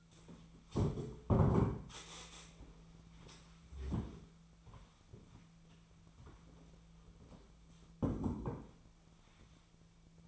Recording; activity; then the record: daily activity, microphone in the room; stand up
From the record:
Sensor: 1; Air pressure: 1008.1 hPa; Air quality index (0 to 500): 191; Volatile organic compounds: 17 ppm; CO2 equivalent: 2588 ppm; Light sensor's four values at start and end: 13/34/13/15 and 13/32/13/14